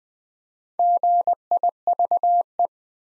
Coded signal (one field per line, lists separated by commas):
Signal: Morse code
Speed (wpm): 20 wpm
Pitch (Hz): 700 Hz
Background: none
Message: GIVE